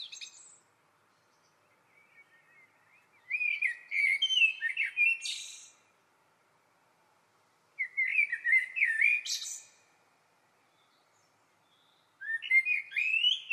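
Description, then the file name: Common blackbird singing mellow, warbling phrases mixed with thin, scratchy high notes, separated by pauses of silence. "Turdus merula"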